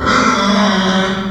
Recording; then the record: squeal of a Yucatan mini pig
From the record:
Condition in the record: after surgery on the right vocal fold (resection and tissue-engineered implant); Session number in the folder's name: 15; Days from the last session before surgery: 175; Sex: female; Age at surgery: 19 weeks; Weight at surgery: 25 kg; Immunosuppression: prednisolone